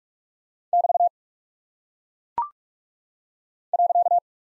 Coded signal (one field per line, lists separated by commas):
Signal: Morse code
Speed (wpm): 43 wpm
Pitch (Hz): 700 Hz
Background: none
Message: <BT> .